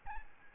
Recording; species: mosquito wingbeat signal from an infrared sensor; Aedes albopictus